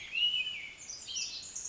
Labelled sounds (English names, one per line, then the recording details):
Pacific Wren
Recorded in Sonoma County, California